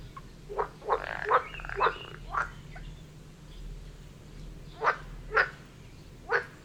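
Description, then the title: Frog croaks, a handful of short rough calls clustered early on, then a quiet gap before three more spaced croaks near the end, over a low steady hum. Frog chorus recorded near Vellerner Brook in Neubeckum at 2pm; binaural recording meant for headphones. "Frog concert near Vellerner Brook in Neubeckum - 2pm - binaural version"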